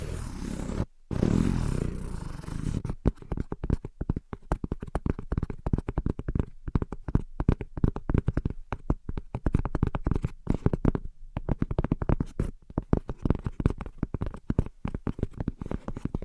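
A rough, dense scratching wash opens, then quick, uneven tapping and scratching strokes follow in rapid bursts, with two brief silent pauses.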